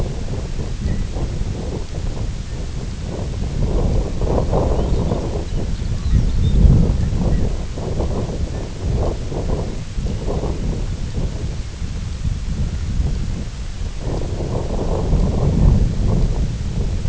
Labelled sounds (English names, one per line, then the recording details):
unidentified sound
Lapland Longspur
Long-tailed Duck
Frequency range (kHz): Lapland Longspur 2.5-6.3 kHz; Long-tailed Duck 0.9-2.3 kHz
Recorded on Arctic tundra, site IGLO-F, on 19 June 2018
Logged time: 06:00